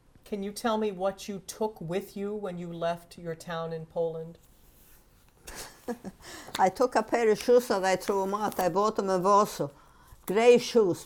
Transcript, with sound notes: Can you tell me what you took with you when you left your town in Poland?
(she laughs) I took a pair of shoes and I threw them out. I bought them in Warsaw. Grey shoes.